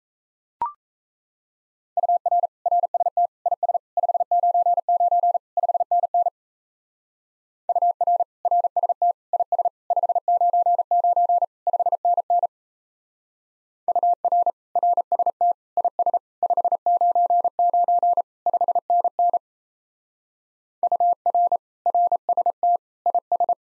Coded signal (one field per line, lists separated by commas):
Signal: Morse code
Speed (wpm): 36 wpm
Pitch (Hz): 700 Hz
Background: none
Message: UR RST IS 599 5NN UR RST IS 599 5NN UR RST IS 599 5NN UR RST IS